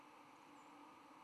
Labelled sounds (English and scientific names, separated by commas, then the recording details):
White-throated Sparrow (Zonotrichia albicollis) flight call
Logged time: 07:15 on 10 November 2014